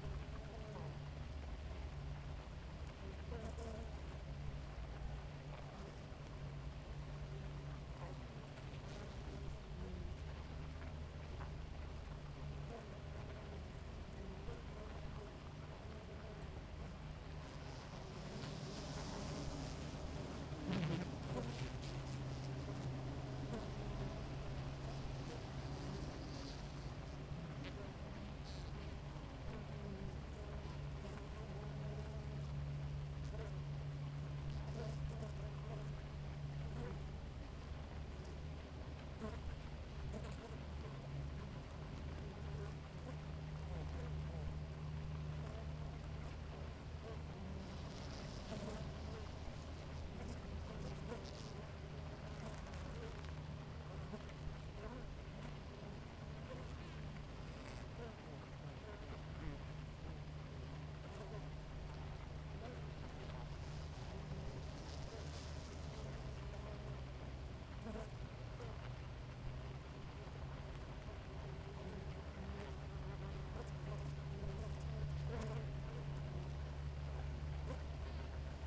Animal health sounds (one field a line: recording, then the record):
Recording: honeybee colony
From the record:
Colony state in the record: active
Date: 28 July 2017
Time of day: 4:32